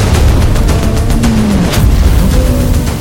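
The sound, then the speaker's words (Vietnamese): Cannon fire booms in a loud, continuous barrage as soldiers fire cannons at buffalo on a battlefield, with sharp cracking blasts over a deep, heavy rumble that never lets up. No one speaks. “Quân binh xả pháo vào quả ngưu.”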